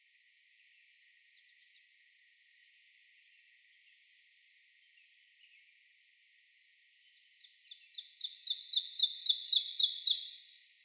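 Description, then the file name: Ovenbird song, a fast series of repeated phrases that swells steadily louder over about three seconds before stopping; a brief high twittering at the start. Recorded 30 May 2019; the recording holds nine songs. "2019-05-30 Ovenbird 9 Songs"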